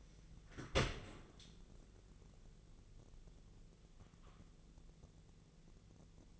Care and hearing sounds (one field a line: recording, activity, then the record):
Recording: daily activity, microphone in the room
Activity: open dishwasher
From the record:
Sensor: 4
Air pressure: 1001.3 hPa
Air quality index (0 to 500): 186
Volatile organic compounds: 3 ppm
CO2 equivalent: 1324 ppm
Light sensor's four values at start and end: 13/30/12/13 and 13/29/12/12